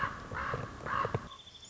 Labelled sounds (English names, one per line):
Common Raven